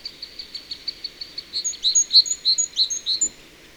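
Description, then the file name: Great tit calling: soft high chirps repeated quickly, then louder, stronger paired notes spaced about a third of a second apart. "Parus major"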